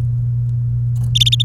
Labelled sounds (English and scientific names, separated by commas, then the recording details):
Domestic Canary (Serinus canaria) song
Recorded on 28 April 2018 at 12:07
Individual llb3